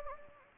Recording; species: mosquito wingbeat signal from an infrared sensor; Anopheles gambiae